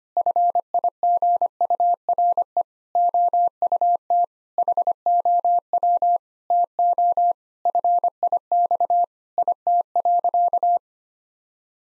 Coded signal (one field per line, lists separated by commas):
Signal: Morse code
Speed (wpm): 25 wpm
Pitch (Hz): 700 Hz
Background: none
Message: FIGURE OUT HOW TO FIX IT.